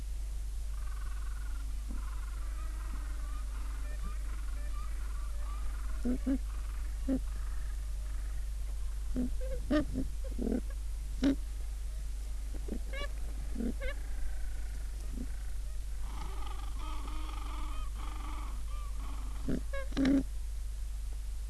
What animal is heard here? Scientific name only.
Pygoscelis papua